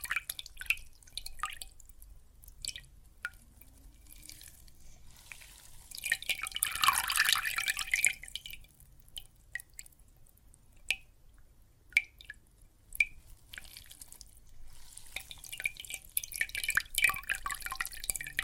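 Water and soap foam make a soft, crackling fizz, with scattered drips and small pops throughout. A louder, brighter rush of bubbling swells around seven seconds and fades by ten. The foam hiss thickens again toward the end, under a low steady rumble.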